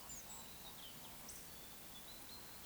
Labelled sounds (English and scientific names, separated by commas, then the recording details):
Eurasian Woodcock (Scolopax rusticola) whistle, Eurasian Woodcock (Scolopax rusticola) croak
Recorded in Baden-Württemberg, Germany, on 2 June 2020 at 19:54 UTC
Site 46190, 1214 m above sea level